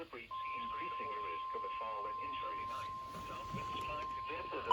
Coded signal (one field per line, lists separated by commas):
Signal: Emergency Alert System (SAME) tones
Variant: 1050 Hz attention tone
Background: speech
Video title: Brrrrrrr Festival EAS 1087 1120